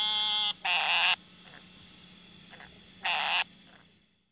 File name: E Narrowmouth Toad